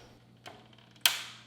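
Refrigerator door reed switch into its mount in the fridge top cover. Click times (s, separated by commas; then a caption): 1.1 s. A plastic Samsung refrigerator door reed switch, part DA34-00043K, is fitted into its mount in the fridge's top cover: the left side goes in first, then the right side is pressed down. A soft tick near 0.5 seconds and a few faint ticks follow. A sharp, loud snap at 1.1 seconds, trailing off briefly, marks the switch seating in place.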